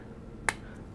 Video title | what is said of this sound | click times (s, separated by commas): Masters of the Universe Classics Battle Armor He-Man | middle here snaps right off and you can replace it with any of the | 0.5 s